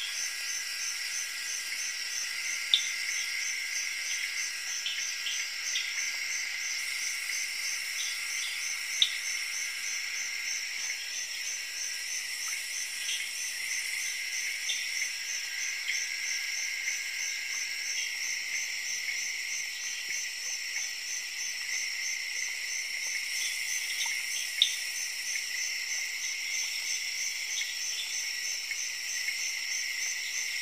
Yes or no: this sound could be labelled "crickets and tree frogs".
yes